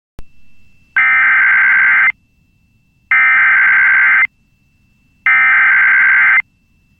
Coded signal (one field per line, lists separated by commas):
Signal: Emergency Alert System (SAME) tones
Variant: header bursts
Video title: EAS Tornado Warning for EF4 Rolling Forks Tornado and EF3 Black Hawk Tornado on WJON IP 3-24-2023